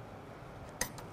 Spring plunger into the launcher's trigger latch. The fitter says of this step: until i hear the click so once i hear the click now i'm ready to project it